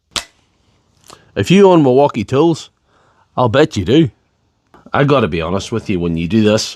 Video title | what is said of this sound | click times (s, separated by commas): The Milwaukee Battery Habit That's Costing You Money | to hear that satisfying little click? | 0.2 s